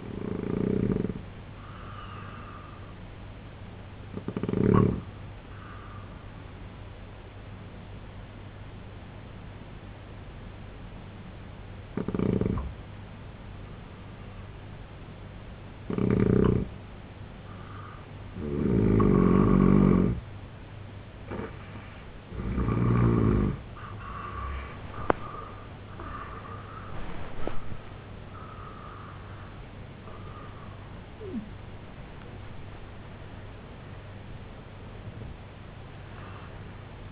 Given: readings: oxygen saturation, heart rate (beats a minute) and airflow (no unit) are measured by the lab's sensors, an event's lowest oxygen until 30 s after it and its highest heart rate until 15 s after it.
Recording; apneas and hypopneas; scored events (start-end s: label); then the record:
breathing in sleep by a voice recorder at the bedside; 1
3.00-19.80 s: hypopnea (N2, oxygen 91% highest, then 84% lowest, heart rate 69 at the start, 99 highest)
26.00-37.12 s: new sleep stage, N1 (lightest sleep)
From the record:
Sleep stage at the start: N2 (light sleep); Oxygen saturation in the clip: 86 to 91%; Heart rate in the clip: 68 to 99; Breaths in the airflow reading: 8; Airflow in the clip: -9.4 to 9.6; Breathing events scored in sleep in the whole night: 258 in 7.4 hours asleep